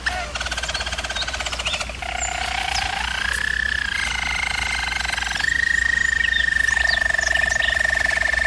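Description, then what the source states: Canary roller song: rapid rattling trills, a rising glide into long steady whistled tones, then a low sustained roll continuing beneath a clear held note. German Roller breed canary singing.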